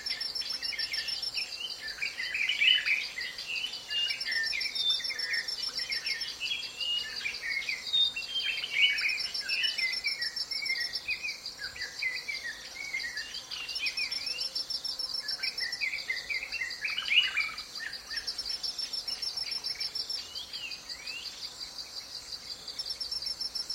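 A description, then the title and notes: Many birds chirp and whistle in overlapping bursts throughout, over a constant high, shimmering insect chorus, with a few louder calls standing out. Calm Morning In The Rainforest. Listen to a gorgeous assortment of Bulbuls, doves, parrots, weavers, coucals etc accompanied by a constant insect chorus in this part of the Congo basin rainforest.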